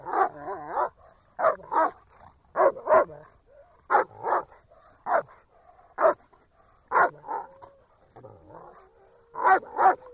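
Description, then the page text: German Shepherd dog barking mostly in pairs, some single, separated by pauses and soft whimpering sounds. Shepherd dog barking quietly. "Звук овчарка гавкает. ЗВУКОДАР"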